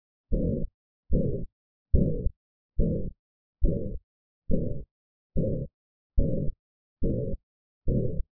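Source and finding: Heart by stethoscope. Ventricular septal defect murmur.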